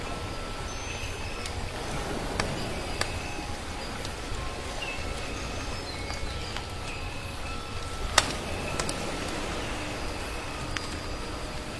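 Soft waves wash in a steady, even murmur throughout, with thin bird notes drifting over the top. Firewood gives sharp crackles and pops at irregular moments, the loudest snap near eight seconds, with others scattered around two to three seconds and later.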